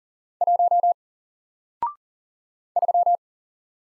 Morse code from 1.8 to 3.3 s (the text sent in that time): 3